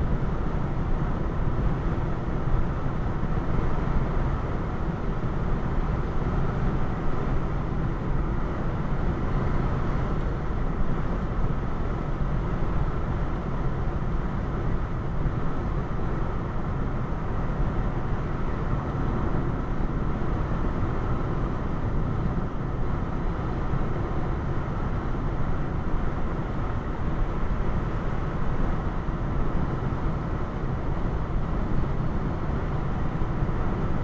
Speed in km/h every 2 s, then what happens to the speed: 95, 95, 95, 95, 97, 98, 98, 98, 97, 97, 95, 95, 95, 93, 93, 93, 95.
0-34 steady at about 95.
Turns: none.